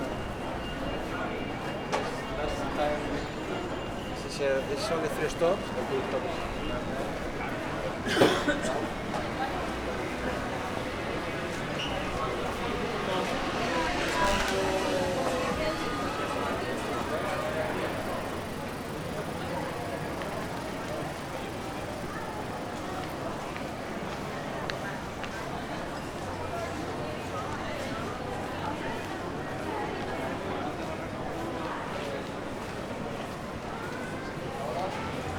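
A short walk through the Puerta del Sol, filled with a steady murmur of many overlapping voices. The crowd chatter stays dense and even throughout, with occasional sharper knocks and clatters, a louder burst around eight seconds, and a low hum of traffic underneath.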